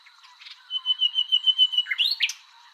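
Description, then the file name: Common nightingale giving a long, steady, pulsing whistle followed by a couple of sharp rising notes. "Luscinia megarhynchos"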